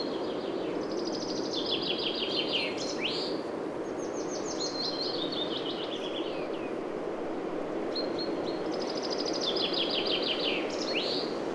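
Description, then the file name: Common chaffinch delivering three songs, each a series of descending trills, the first and last closed by a sharp flourish, over steady rushing noise. "Fringilla coelebs"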